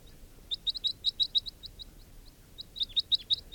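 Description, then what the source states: Crossbill calls, sharp clipped chips in a quick burst of several notes, a pause, then another rapid burst, over a quiet low background. Wild male, flying very low; around 8:55.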